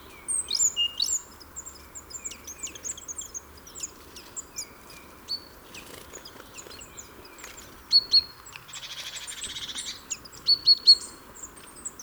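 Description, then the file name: Great tit calls: scattered high thin chirps and short whistled notes, then a brief buzzy churr near the end, with sharp paired notes following. "Parus major"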